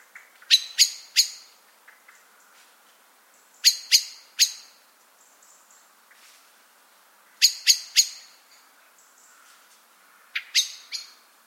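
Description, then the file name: Eurasian blackbird calls: short bursts of three or four hard, metallic chinks, each burst about three seconds after the last, with quiet gaps between. "Turdus merula"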